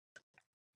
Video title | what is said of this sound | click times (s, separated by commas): Stampin' Up! Learning Curve - Day 3 Dies, Die Cutting and Embossing | in this embossing folder just like that this is locked into place | 0.2 s